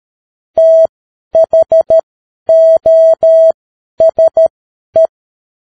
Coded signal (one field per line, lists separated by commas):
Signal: Morse code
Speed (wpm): 13 wpm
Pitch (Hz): 650 Hz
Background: none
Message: THOSE